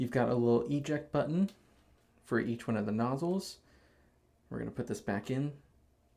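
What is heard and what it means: A replaceable plastic flossing nozzle tip is being handled to go back into the socket on top of a Puur Smile Professional Water Flosser unit, which has a small eject button for each nozzle. Someone talks throughout, with short pauses between phrases. The nozzle has not seated yet, and no click is heard.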